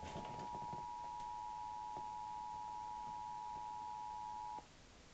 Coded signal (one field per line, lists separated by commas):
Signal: Emergency Alert System (SAME) tones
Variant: 853 and 960 Hz attention tone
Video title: EAS Tornado Watch 4/13/2020